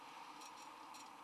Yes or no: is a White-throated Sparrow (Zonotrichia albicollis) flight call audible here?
no